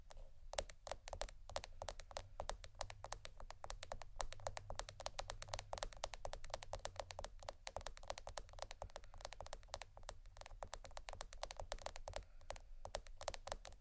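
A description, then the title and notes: Tapping and scratching on bags runs through the whole fourteen seconds as a dense, fast stream of crisp, bright clicks with no real pauses. The pace is irregular but busy, and a low, steady rumble sits underneath throughout. ASMR Tappingscratching Galore 4 Bags (No Talking).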